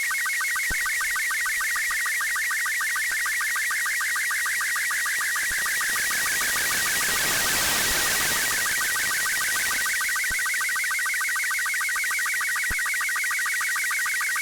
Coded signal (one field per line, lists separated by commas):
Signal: SSTV (slow-scan television)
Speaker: And there you go. So this is it, images from space.